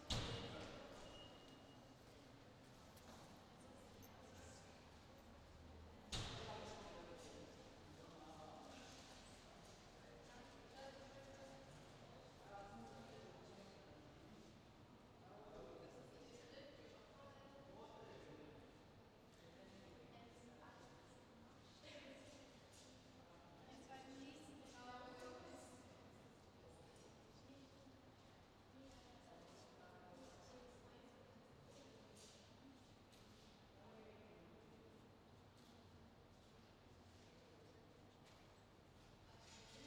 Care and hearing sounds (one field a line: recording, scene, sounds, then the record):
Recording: everyday scene through a hearing-aid microphone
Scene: reverberant space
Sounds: background noise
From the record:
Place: railway station hall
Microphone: in the ear canal, left